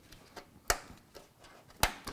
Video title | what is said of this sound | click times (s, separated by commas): LIVE - The $999 Quick and Quiet Office PC Build - Intel 9700K, Intel 665p 1TB NVMe SSD, 32GB DDR4 | see you heard it click each time it went in | 0.7 s, 1.8 s